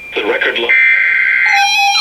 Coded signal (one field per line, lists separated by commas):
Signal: Emergency Alert System (SAME) tones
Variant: header bursts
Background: speech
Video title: Severe Thunderstorm Warning #4 - 04/07/20 (EAS #2,029)